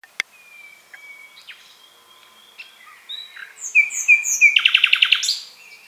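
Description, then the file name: Common nightingale song: a sharp click, a thin drawn-out whistle, then louder phrases building into a fast, pulsing rattle of repeated notes. "Luscinia megarhynchos"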